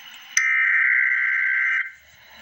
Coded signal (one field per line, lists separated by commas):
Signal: Emergency Alert System (SAME) tones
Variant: header bursts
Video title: Emergency Alert System - Special Weather Statement - Dec 4, 2024 at 9:49 PM EST